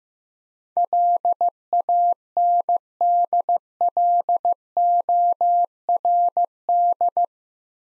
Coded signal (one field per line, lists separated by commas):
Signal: Morse code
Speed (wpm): 15 wpm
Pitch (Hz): 700 Hz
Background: none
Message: LANDLORD